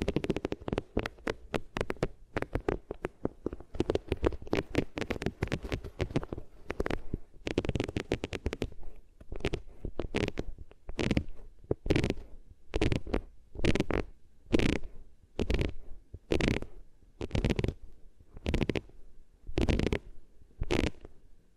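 Ears being rubbed against different materials, making rustling, scratchy strokes from low to bright. For the first seven seconds the strokes come fast and dense, then they slow into separate, regular swipes about twice every second until the end.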